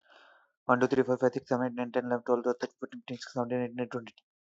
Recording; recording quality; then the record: counting at a fast pace; excellent, no background noise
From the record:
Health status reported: healthy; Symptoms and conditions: none ticked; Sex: male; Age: 31 years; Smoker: not ticked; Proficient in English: yes